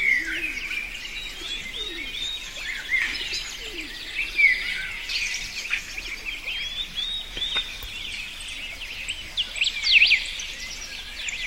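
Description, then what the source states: Bird chorus of mixed chirps and whistles, with brief louder sweeping notes near the start and end, and a constant high hiss. Forest setting.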